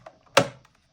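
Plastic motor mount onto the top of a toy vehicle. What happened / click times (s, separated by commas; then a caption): The plastic mount snapped locked / 0.4 s. A plastic motor mount is slid onto the top of a 2024 toy vehicle until it locks. A faint tick comes at 0.1 s, then one sharp, loud click at 0.4 s that rings out briefly, followed by softer ticks around 0.7 s. The mount is seated and locked in place.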